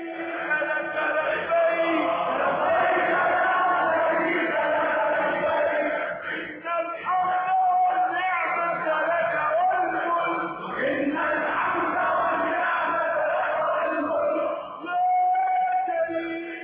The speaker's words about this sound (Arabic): هتاف خالد يرتفع من حناجر ملايين الملايين كل عام، يطوفون بالبيت العتيق